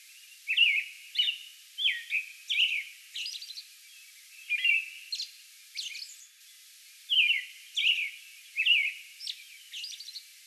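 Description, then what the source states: American robin song, bright whistled phrases and high thin notes in groups separated by short pauses. Song bout recorded on May 11.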